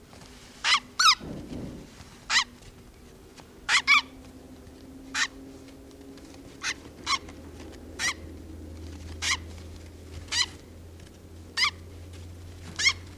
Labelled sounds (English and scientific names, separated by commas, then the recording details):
Black-necked Grebe (Podiceps nigricollis) call
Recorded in captivity
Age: juvenile
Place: Zoo Schwerin, Mecklenburg-Vorpommern, DE
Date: 1982-06-15
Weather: wolkig-heiter, 17°C
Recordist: Tembrock, Günter